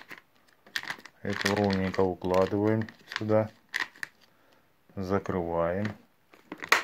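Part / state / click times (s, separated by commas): appliance lid latching onto its base / seated / 6.7 s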